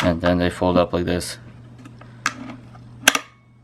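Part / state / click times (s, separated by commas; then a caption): folding leg bracket on a wooden table / seated / 2.3 s, 3.1 s. Someone talks as a metal folding table-leg bracket, already screwed to a wooden table, is folded up. Sharp clicks at 2.3 s and 3.1 s mark it snapping into its locked position. The bracket locks into place, giving the small dinette table foldable legs.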